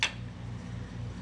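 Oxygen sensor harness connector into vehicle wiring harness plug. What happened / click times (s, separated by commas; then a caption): The connector clicked home / 0.0 s. An oxygen sensor harness connector, a plastic electrical connector, is plugged into the vehicle wiring harness plug on a Mustang GT while the exhaust is being reinstalled. A single sharp click lands at 0.0 s, followed by a steady low hum. The connector is seated.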